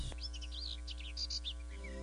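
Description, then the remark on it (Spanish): Several birds chirp and warble in quick, high-pitched bursts, their overlapping calls rising and falling throughout, with a steady low hum underneath and no one speaking. “Es hermoso escuchar el trino de los pájaros, el concierto de los grillos, el silencio de la noche y ver los rayos del sol por las ventanas cuando despierta el día.”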